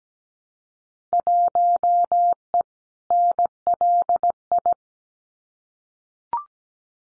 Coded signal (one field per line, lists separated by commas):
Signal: Morse code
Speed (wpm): 17 wpm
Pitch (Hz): 700 Hz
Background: none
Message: 1E NLI